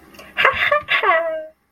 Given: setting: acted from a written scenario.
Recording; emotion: vocal sound without words; pride